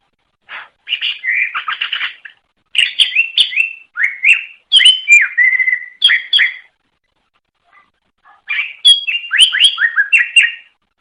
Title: mster Mnuk. Suara Cucak Ijo Banyuwangi Gacor Ngeplong Master. Masteran Cucak Ijo Juara Nasional